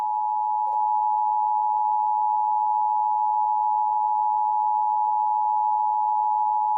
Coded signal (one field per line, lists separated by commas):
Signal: Emergency Alert System (SAME) tones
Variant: 853 and 960 Hz attention tone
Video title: Release the EVIL | EAS Scenario